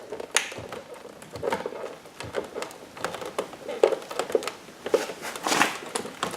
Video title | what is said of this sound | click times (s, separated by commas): 2008 Dodge Caravan sideview mirror turn signal lamp replacement | and just push until it snaps | 0.4 s